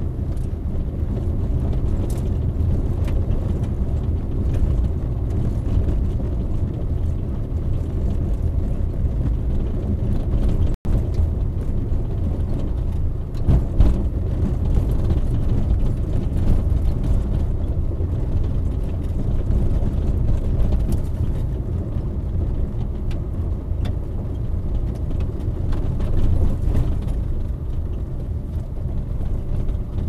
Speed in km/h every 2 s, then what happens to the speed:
32, 31, 30, 29, 30, 31, 30, 29, 29, 29, 28, 28, 28, 27, 27.
0-30 steady at about 29.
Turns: none.